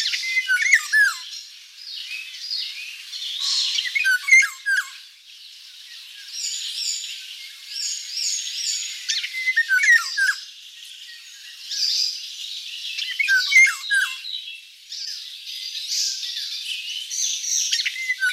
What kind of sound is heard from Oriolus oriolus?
song